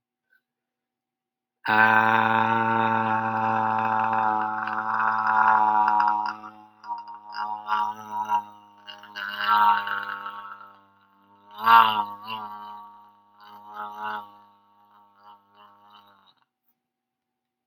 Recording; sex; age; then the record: vowel held as long as possible; male; 20 to 29 years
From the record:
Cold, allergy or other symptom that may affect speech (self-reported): no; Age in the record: 24 years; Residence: California, United States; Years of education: 19